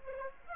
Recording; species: mosquito wingbeat signal from an infrared sensor; Aedes aegypti